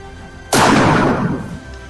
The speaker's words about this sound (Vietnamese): Tiếng súng đinh tai kéo Kỷ Duệ đang suy nghĩ miên man tỉnh táo lại.